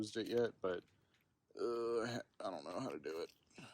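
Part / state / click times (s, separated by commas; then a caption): unspecified car cover or latch closing into its housing / not seated / none. Someone talks while handling an unspecified cover or latch on a Toyota Corolla, working it toward its housing. Only speech with short pauses is heard, with no clear click. The part has not latched or seated yet.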